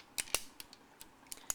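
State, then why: Seated. Parts of a Bandai DX Chogokin GE-49B VF-27B Lucifer Valkyrie Grace O'Connor Normal Type, a transforming plastic and die-cast toy robot, are curled inward during transformation to Battleroid mode. A series of short, sharp plastic clicks is heard, and the parts snap into place at 0.3 s and 1.5 s.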